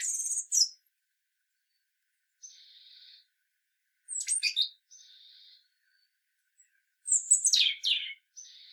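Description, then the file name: European robin singing thin, high phrases: a bright whistle, a soft buzzy note, a fast jumbled twitter, then more thin notes and another jumbled twitter, with long silent gaps between. "Erithacus rubecula"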